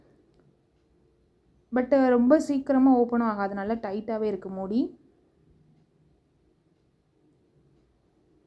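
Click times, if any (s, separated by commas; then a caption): none. The lid lock of an antique brass betel-leaf box fails to catch and does not latch, and nothing clicks into place. A faint, short tap comes at 0.4 s. Someone talks from about 1.7 to 4.9 s, and the lid stays shut only because it fits tightly.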